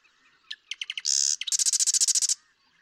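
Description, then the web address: Marsh Wren song: a few ticking notes, a short buzz, then a rapid, evenly pulsed rattle. "birdsongforthecurious Marsh Wren"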